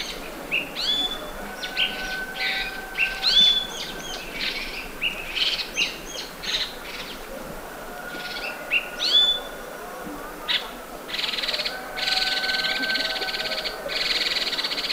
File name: Chestnut Bulbul Ssp Canipennis Alarm Call Guangxi Beishan